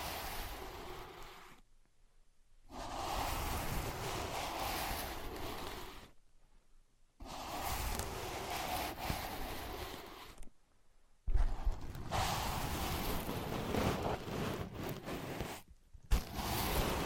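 Dense scratching and rubbing on ear pads comes in bursts of a few seconds, split by four short silences, with occasional sharper taps near the end.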